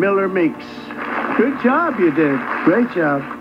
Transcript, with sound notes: Miller-Meeks. [Applause] Good job you did. Great job!